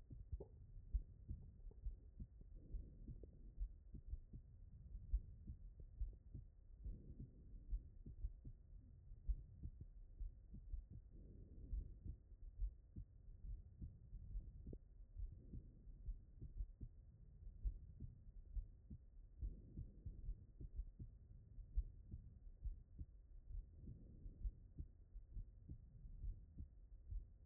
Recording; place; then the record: heart sounds by stethoscope; aortic valve (AV)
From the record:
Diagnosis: non-HFrEF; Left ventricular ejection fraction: 62%